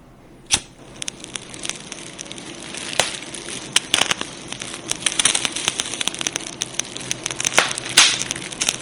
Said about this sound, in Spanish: Bueno, que probablemente tengas cosas mejores que hacer, pero si no, es buen momento para prender una nueva hoguera y que suene la alarma.